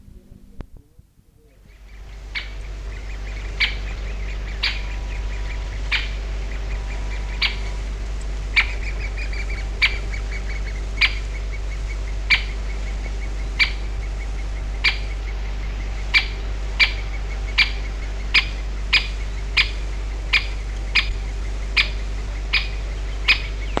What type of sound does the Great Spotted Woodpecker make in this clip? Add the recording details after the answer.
alarm call. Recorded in the wild. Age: adult. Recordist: Meyer, Hugo